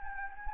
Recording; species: mosquito wingbeat signal from an infrared sensor; Anopheles gambiae